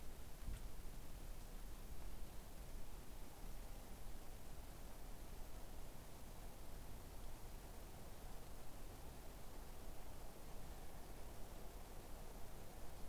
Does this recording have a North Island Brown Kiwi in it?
no